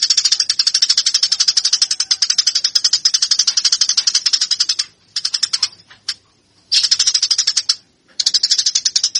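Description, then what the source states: Eurasian tree sparrow giving a long, steady stream of sharp, high chirps, then a few shorter bursts split by brief gaps. Master song used to train fighting (tarung) tree sparrows.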